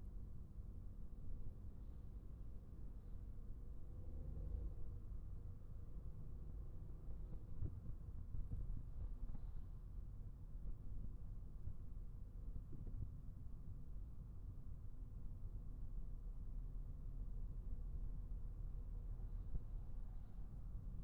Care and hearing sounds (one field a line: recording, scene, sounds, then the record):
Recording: everyday scene through a hearing-aid microphone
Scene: in a vehicle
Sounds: engine, traffic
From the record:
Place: Skoda Fabia, gasoline engine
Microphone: behind the ear, right, rear